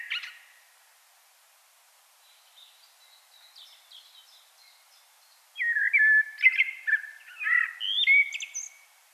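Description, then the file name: Common blackbird song: faint high twittering at first, then a loud phrase of low, fluted whistles broken by squeaky high notes. "Turdus merula"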